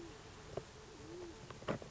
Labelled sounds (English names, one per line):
Band-tailed Pigeon